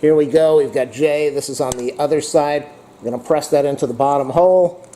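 While assembling a mobile computer workstation, part J of a computer table cart is readied to be pressed into the bottom hole of its frame on the second side. Someone talks throughout the clip over low handling noise. Nothing has seated or clicked yet.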